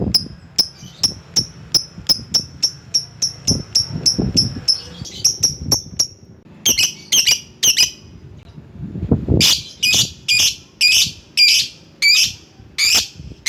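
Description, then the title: Lovebird calls: a long even series of sharp high ticks, then harsh shrill screeches repeated about twice a second. Lovebird calling a rival. "Lovebird Memanggil Lawan"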